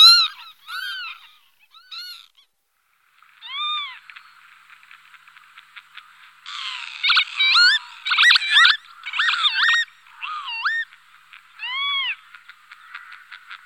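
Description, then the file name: Northern lapwing calls: harmonic, arched notes that rise then fall, given singly with pauses, plus a burst of rapid twisting notes in the middle. "čejka-chocholatá"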